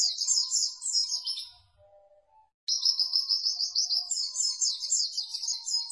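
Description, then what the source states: White-eye song: rapid high twittering, a brief lull, then another long stream of chattering trills, with faint lower chirps in the background. Masteran (tutor) recording for training cage birds; pleci white-eye singing in gacor (vigorous, continuous) style.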